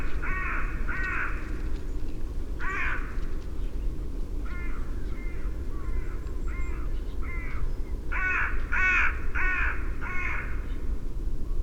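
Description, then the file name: Carrion crow giving harsh, hoarse caws in short bursts, a pair early, one near three seconds, then a steady series of repeated caws through the second half, over low rumbling background noise. "Corvus corone"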